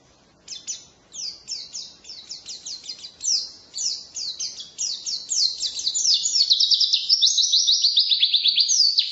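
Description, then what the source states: White-eye song: a long run of fast, high, chattering downslurred notes that grows denser and louder toward the end. Ngalas-style song of a pleci, used as filler material for masteran (training songbirds to copy).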